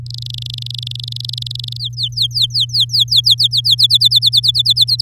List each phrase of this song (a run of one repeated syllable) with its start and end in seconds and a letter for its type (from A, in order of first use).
0.06-1.77 A, 1.79-3.75 B, 3.78-5.01 C